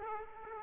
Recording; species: mosquito wingbeat signal from an infrared sensor; Aedes aegypti